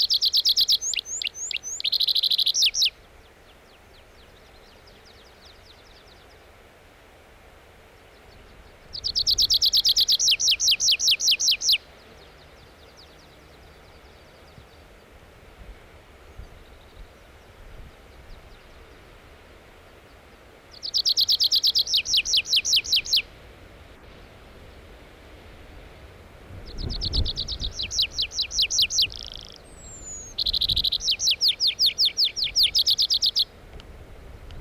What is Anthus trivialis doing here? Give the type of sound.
song